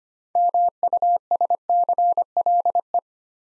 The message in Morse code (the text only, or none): MUSCLE